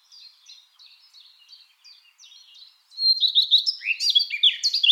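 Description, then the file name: Eurasian blackcap song, a quiet twittering subsong of short scratchy phrases that bursts into a loud, rich fluting whistled finale. "Sylvia atricapilla"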